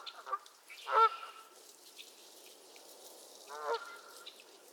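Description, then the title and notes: Goose: two loud, nasal honks a few seconds apart, each a short rich burst, with a quieter call before them. Several geese squabbling at Miner's Marsh, Annapolis Valley, Nova Scotia. "Theraphonia - Geese at Miner's Marsh. Geese squabbles at Miner's Marsh, Annapolis Valley, Nova Scotia"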